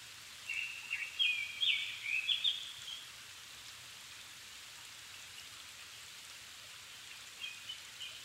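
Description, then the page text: Japanese thrush sings a brisk phrase of sharp, fluty notes, followed by near silence with faint notes near the end. Japan, 7 May 2011 at 17:59 in the evening, altitude 270 m; recorded on a Sony PCM-D50 with Panasonic WM-61A microphones. "Turdus cardis [Sounds -Nikko Today-]"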